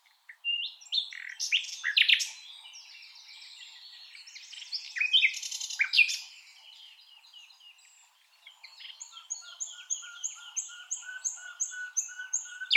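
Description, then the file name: Common nightingale singing varied bursts of trills and repeated notes, then a long steady series of short whistled notes near the end. "Luscinia megarhynchos"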